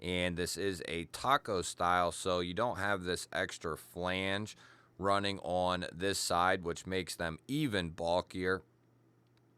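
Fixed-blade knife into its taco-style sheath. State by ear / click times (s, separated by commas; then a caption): not seated / none. A fixed-blade knife is handled with its molded taco-style sheath while someone talks throughout. Nothing has seated or clicked into the sheath yet, and the clip ends in near silence.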